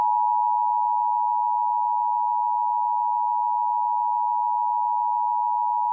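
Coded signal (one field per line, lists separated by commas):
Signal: Emergency Alert System (SAME) tones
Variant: 853 and 960 Hz attention tone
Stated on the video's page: Fictional troll EAS scenario, not a real alert.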